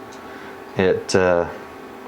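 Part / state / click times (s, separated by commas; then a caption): drop-in T-slot nut in a machine table T-slot / not seated / none. A drop-in steel T-slot nut is handled at a machine table T-slot, the kind that drops into the slot from the top and twists and locks into place when tightened. Someone talks briefly over a low, steady background hum, and no distinct click is heard. The clip ends before the nut goes home, so nothing has seated yet.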